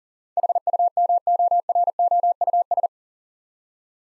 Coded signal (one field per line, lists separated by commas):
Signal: Morse code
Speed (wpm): 40 wpm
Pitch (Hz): 700 Hz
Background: none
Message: HUMOROUS